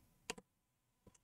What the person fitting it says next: okay so that was easy two clicks